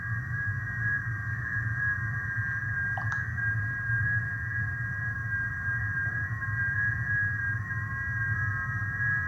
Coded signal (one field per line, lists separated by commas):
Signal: FT8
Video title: Adding Two Band Capability to the Homebrew SDR